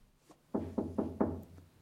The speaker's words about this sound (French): Intérieur. Chambre de Marcel. Hôtel. Nuit. Marcel, seul dans sa chambre. On frappe à sa porte.